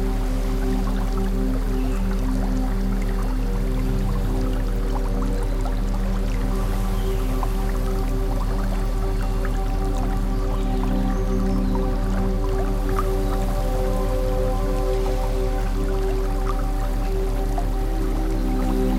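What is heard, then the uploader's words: A stream trickles steadily, full of small drips and splashes scattered densely from start to finish. Underneath, a low, constant hum of sustained tones holds without change, and the overall loudness stays even across the whole stretch. Sound Of Stream Nirvana in 8D.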